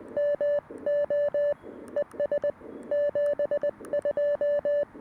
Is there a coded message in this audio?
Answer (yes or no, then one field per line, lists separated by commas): yes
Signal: Morse code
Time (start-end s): 0.2-4.8 s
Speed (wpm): 20 wpm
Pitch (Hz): 580 Hz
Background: none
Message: MO ES 72